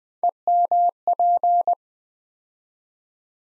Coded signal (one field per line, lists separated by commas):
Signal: Morse code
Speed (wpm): 20 wpm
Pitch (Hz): 700 Hz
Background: none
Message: EMP